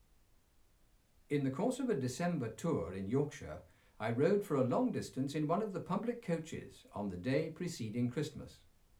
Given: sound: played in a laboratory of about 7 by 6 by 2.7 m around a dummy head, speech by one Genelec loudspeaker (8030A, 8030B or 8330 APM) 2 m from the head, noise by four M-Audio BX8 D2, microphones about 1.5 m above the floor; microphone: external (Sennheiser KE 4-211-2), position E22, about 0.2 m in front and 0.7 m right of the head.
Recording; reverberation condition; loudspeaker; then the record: male speech in English; low; 30 degrees to the left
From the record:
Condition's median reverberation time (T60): about 310 ms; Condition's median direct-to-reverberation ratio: about 3.5 dB